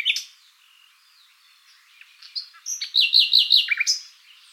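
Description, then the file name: Common nightingale song: a sharp opening note, then a pause with faint chirping, and a quick series of about four repeated looped whistles followed by a few sharp notes. "Luscinia megarhynchos"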